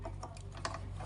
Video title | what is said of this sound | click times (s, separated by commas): How to use usha janome allure dlx -allure dlx demo - How to stitch allure dlx sewing machine | టక్ మంచి కూడా ఉమ్ ఇది lock అయింది. | 0.6 s